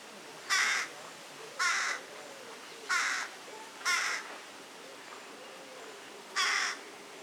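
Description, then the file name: Carrion crow cawing, five harsh, hoarse caws spaced irregularly, about one to two and a half seconds apart, with a quiet natural background. "Corvus corone"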